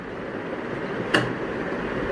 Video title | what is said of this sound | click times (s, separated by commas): SHREE KRIDHA Entrusted Oxy Care Plus 5 lpm Medical Grade Oxygen Concentrator | Yes, now I have locked it, and make sure it's not coming out. | 1.2 s